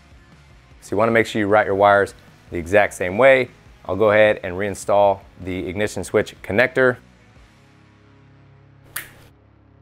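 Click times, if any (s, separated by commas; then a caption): 9.0 s. Someone talks, then a plastic ignition switch connector on a motorcycle is pushed into its mating harness plug. A single short, sharp click is heard at 9.0 s as it locks in. The connector is seated.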